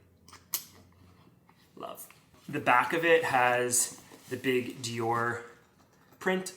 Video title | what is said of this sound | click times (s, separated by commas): DIOR Backpack Unboxing & Review *is it worth it?* | it's a very satisfying clicky sound like | 0.5 s